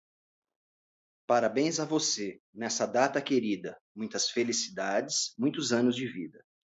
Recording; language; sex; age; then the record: short text; Brazilian Portuguese; male; 40 to 49 years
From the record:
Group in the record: control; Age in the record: 40 years